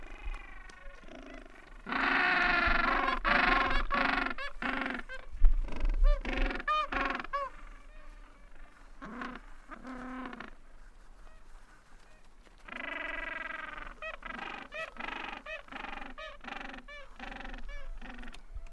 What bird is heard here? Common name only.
Gentoo Penguin